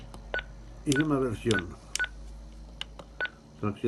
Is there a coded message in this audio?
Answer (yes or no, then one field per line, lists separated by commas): no